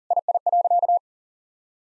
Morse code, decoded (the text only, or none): II.